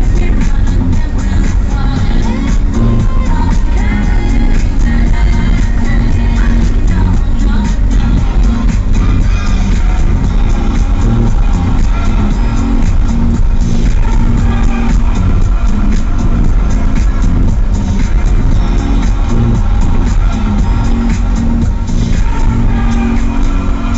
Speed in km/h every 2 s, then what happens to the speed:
17, 17, 18, 19, 18, 17, 17, 17, 17, 17, 16, 15.
0-24 steady at about 17.